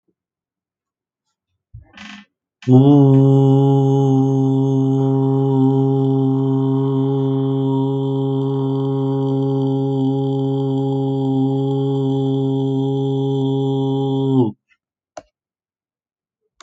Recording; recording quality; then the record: sustained vowel as in boot; excellent, no background noise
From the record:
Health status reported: healthy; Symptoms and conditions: diabetes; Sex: male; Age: 48 years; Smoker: not ticked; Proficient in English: yes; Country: India